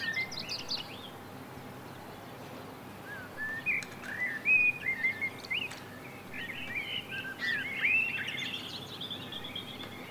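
Bird calls: short chirps and whistled slurred notes, busiest in the middle and later part, over a steady background hiss.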